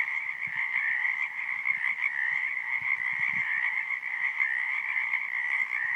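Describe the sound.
Crickets chirping in a dense, continuous chorus, an unbroken buzzy trill holding steady throughout.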